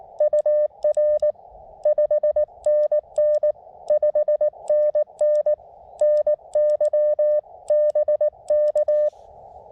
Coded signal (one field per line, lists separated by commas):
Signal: Morse code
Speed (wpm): 19 wpm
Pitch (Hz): 590 Hz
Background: none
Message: UR 5NN 5NN NYBK